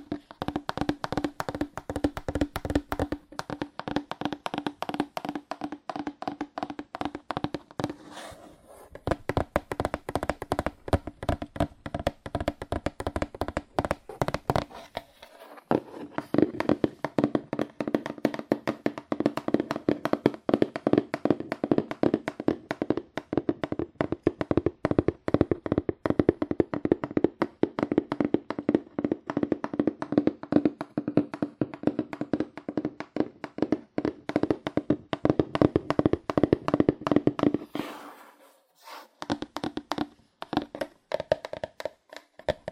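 Fast, aggressive tapping on cardboard, a dense rapid stream of sharp hollow hits with a low thudding body. The pace stays quick throughout, with brief pauses near 8, 15 and 38 seconds, and the middle stretch grows louder and fuller before easing near the end.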